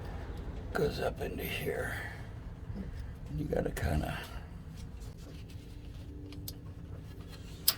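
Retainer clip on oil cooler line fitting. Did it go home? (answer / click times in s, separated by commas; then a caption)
yes / 7.7 s. A retainer clip is pushed up into place on the oil cooler line fitting of a Workhorse Winnebago 8.1 Vortec engine, as part of an oil cooler line leak repair after an oil line retainer failure. Someone talks quietly while fitting it, followed by faint handling noises. The clip snaps home with a sharp click at 7.7 s and is confirmed seated.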